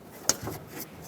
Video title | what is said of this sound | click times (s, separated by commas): How to Replace Front Left Exterior Door Handle 2003-2021 Chevy Express 3500 | clip lock it on | 0.3 s